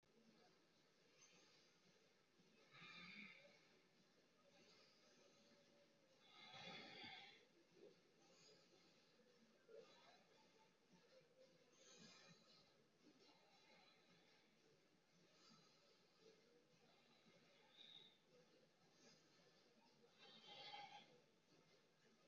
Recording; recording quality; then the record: deep breathing; excellent, no background noise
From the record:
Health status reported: healthy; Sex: male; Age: 26 years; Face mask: not worn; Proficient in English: yes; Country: India